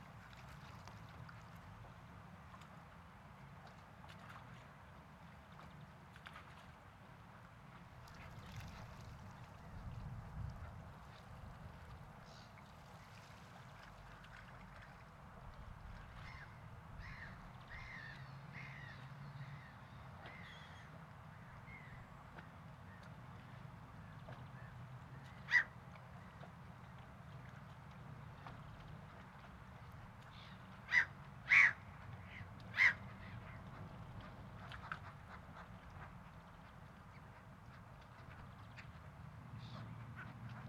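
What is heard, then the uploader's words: Seagulls give scattered calls over a steady low rumble, with a quick run of short bright cries near 17 seconds and sharp squawks around 26 and 31–33 seconds. Seagulls. You went to the waterfront.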